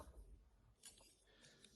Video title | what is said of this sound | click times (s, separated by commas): Transformers One Studio Series 114 Deluxe Class Megatron Review | The chest snaps into place. | 1.6 s